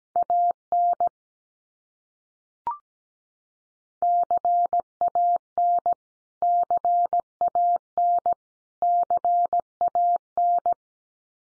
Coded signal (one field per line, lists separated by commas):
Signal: Morse code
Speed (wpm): 17 wpm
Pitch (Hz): 700 Hz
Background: none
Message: AN CAN CAN CAN